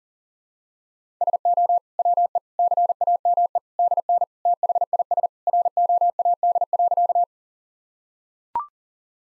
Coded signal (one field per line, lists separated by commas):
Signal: Morse code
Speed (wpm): 40 wpm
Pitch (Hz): 700 Hz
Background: none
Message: SO WE CAME DN THIS ROAD.